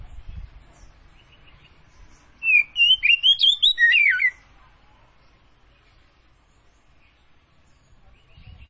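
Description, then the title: Oriental magpie-robin delivers one brisk burst of tumbling, varied whistles in midway, with quiet stretches and low noise either side. Tretes variety, described as gacor (singing actively). "Kacer Tretes"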